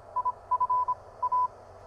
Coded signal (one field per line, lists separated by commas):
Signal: Morse code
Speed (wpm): 26 wpm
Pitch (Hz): 1000 Hz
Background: none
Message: IF A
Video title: Wait! Don't Buy This Pocket HF Ham Radio - uSDR Clone!!